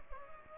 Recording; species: mosquito wingbeat signal from an infrared sensor; Culex pipiens